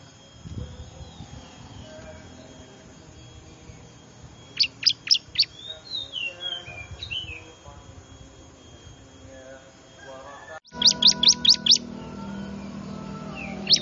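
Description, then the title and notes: Bar-winged prinia giving two short bursts of sharp high chips, amid softer whistled notes. Lure call said to be most effective at attracting wild small birds (burcil ribut); Indonesian name ciblek. "Suara Pikat Burcil Ribut Ngabisin Burung Liar Ini. ciblek"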